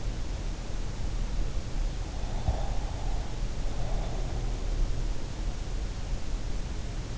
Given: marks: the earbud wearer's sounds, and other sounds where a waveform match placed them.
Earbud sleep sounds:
sounds in sleep by an in-ear microphone; breath
2.35-4.38 s: breath

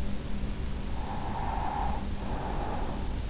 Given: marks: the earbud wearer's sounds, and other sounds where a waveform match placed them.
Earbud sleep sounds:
sounds in sleep by an in-ear microphone; breath
0.72-3.12 s: breath

